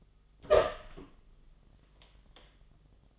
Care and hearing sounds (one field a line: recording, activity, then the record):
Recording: daily activity, microphone in the room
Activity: open door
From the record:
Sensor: 4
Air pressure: 1005.7 hPa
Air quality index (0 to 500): 94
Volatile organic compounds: 2 ppm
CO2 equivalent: 1159 ppm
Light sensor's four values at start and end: 13/30/12/11 and 13/28/11/10